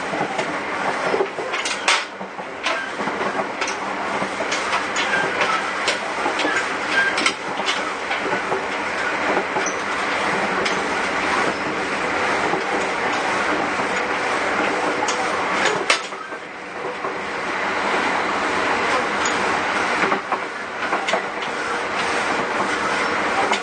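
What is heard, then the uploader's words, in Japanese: A commuter train rides along the line with a steady rumbling roar and rattling. Sharp clicks and thumps from the track joints pop through around two, seven and sixteen seconds, with a brief dip in the noise near sixteen seconds. JR209系 東千葉〜佐倉。総武本線の運用を録音。6両編成。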